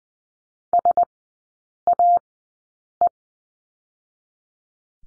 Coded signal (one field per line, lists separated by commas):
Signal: Morse code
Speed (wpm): 20 wpm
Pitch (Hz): 700 Hz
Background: none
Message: SAE